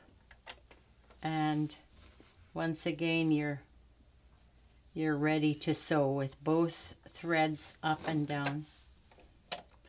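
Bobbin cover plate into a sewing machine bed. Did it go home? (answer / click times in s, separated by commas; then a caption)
yes / 9.5 s. Someone talks while a plastic bobbin cover plate is put back over the top-loading bobbin and into the bed of a sewing machine. A sharp snap at 9.5 s marks the cover latching back on, seated in place.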